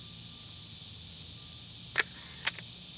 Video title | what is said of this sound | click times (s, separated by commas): Weihrauch HW 95 .22 Air Rifle + Accuracy TEST - 25 & 50 Yards + FULL REVIEW - Break Barrel Airgun | cocking is light and smooth and everything locks into place rock-solid | 2.0 s, 2.5 s